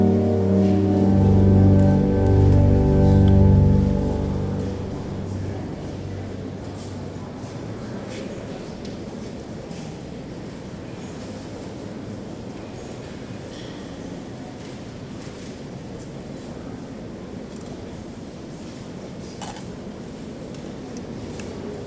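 Organ in Notre Dame in Paris opens the clip with deep, sustained low chords that swell and pulse for about five seconds, then die away. The rest is a steady, even murmur of the church atmosphere, with faint scattered clicks and shuffles throughout.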